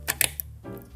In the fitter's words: it's pretty satisfying this does take a little bit of pressure to get them to snap but as